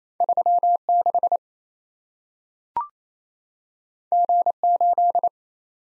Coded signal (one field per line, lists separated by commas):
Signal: Morse code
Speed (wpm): 27 wpm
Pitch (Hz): 700 Hz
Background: none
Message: 36 G8